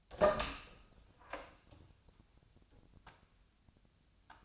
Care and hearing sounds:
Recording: daily activity, microphone in the room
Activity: open door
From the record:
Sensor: 2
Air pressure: 1007.0 hPa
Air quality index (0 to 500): 194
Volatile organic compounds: 13 ppm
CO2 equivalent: 2384 ppm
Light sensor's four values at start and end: 10/23/10/10 and 10/24/10/10

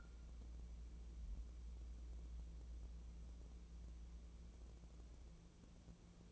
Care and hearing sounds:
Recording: daily activity, microphone in the room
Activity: wipe stove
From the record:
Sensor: 1

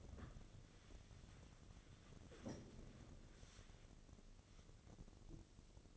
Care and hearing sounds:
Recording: daily activity, microphone in the room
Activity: wipe stove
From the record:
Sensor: 4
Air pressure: 1013.2 hPa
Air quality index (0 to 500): 178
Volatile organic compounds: 2 ppm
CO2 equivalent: 1116 ppm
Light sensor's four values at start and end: 94/238/98/104 and 95/239/98/105

